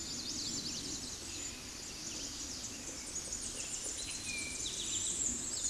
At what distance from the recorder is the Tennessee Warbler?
about 55 m